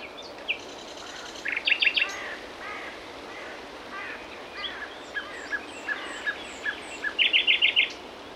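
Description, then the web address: Common nightingale song: dry rattled bursts, soft gurgling notes repeated steadily, a faint series of high whistles, then a loud rapid trill. "SETE data Luscinia megarhynchos"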